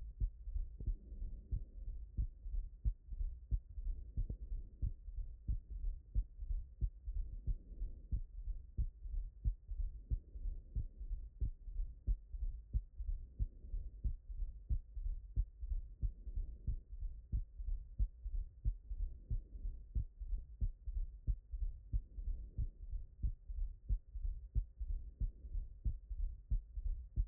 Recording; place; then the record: heart sounds by stethoscope; tricuspid valve (TV)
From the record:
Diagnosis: non-HFrEF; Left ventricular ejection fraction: 48%